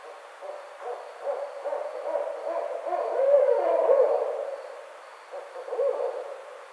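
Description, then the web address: Barred owl calling with a long run of low, quick hoots that rise to a loud middle stretch, fade, then return briefly near the end. Recorded 29 May 2009. "Barred Owl 2009 05 29"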